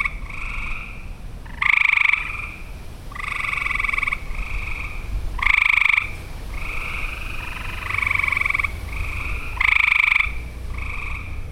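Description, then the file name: Frogs trilling in a dense chorus, rapid pulsed calls roughly a second long repeating from several animals, louder bursts every few seconds. Recorded in Olivet, Michigan, on 6 June 2008. "olivet mi-frogs-20080606"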